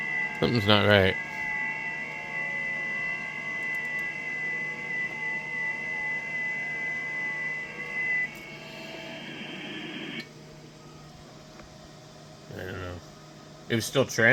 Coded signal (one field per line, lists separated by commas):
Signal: FT8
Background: speech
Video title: ft8 has turned into monitoring stations and stations that don't want to answer